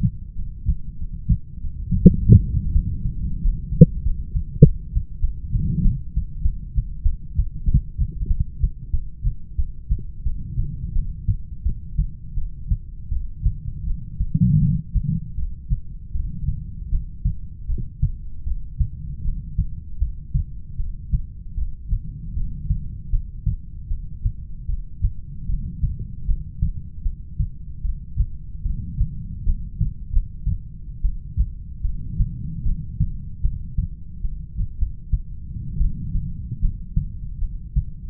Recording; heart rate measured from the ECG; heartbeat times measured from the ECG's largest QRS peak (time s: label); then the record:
heart sounds by stethoscope; 83 bpm
0.33 s: heartbeat
0.96 s: heartbeat
1.59 s: heartbeat
2.21 s: heartbeat
2.70 s: heartbeat
3.41 s: heartbeat
4.02 s: heartbeat
4.62 s: heartbeat
5.20 s: heartbeat
5.82 s: heartbeat
6.42 s: heartbeat
7.03 s: heartbeat
7.66 s: heartbeat
8.28 s: heartbeat
8.91 s: heartbeat
9.57 s: heartbeat
10.24 s: heartbeat
10.94 s: heartbeat
11.64 s: heartbeat
12.35 s: heartbeat
13.10 s: heartbeat
13.86 s: heartbeat
14.60 s: heartbeat
15.36 s: heartbeat
16.13 s: heartbeat
16.91 s: heartbeat
17.68 s: heartbeat
18.45 s: heartbeat
19.24 s: heartbeat
20.00 s: heartbeat
20.77 s: heartbeat
21.56 s: heartbeat
22.35 s: heartbeat
23.12 s: heartbeat
23.90 s: heartbeat
24.67 s: heartbeat
25.47 s: heartbeat
26.27 s: heartbeat
27.04 s: heartbeat
27.83 s: heartbeat
28.64 s: heartbeat
29.45 s: heartbeat
30.12 s: heartbeat
31.03 s: heartbeat
31.83 s: heartbeat
32.64 s: heartbeat
33.43 s: heartbeat
34.23 s: heartbeat
34.79 s: heartbeat
35.79 s: heartbeat
36.62 s: heartbeat
37.40 s: heartbeat
From the record:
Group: heart failure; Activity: breath hold 0-7 s, rest 7-38 s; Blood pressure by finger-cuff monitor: 82/52 mmHg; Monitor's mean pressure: 64 mmHg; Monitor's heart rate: 78 bpm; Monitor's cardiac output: 7.6 L/min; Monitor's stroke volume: 98 mL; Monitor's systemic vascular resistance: 580 dyn s/cm5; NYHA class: 1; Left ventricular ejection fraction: 39%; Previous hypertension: present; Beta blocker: carvedilol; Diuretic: furosemide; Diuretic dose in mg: 20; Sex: male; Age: 60 years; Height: 178 cm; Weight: 62 kg